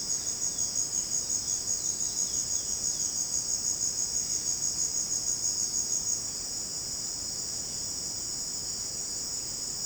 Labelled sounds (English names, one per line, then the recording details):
Violaceous Jay
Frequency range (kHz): Violaceous Jay 2.2-4.3 kHz
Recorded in dense forest near Puerto Asís, Putumayo, Colombia, on 23 June 2025 at 15:00
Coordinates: 0.499, -76.324
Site G100